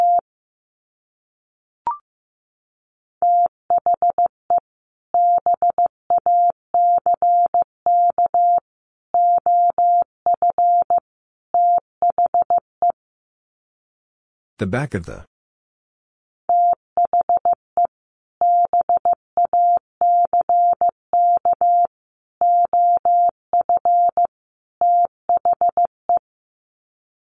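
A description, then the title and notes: Morse code beeps at one steady mid pitch, short and long tones in rapid groups, broken by a brief noisy burst around fifteen seconds. Sets of 4 Words 15wpm. First, the words are sent in Morse code.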